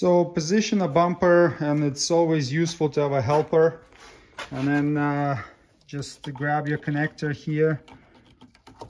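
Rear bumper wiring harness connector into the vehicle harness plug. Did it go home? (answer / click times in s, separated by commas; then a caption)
yes / 8.8 s. Someone talks while the rear bumper cover of a 2021-2024 Toyota Sienna Hybrid van is positioned, then the bumper cover's wiring harness connector is pushed into the vehicle harness plug. A few quiet, short plastic ticks follow near the end, and the connector latches with a click at 8.8 s, seated.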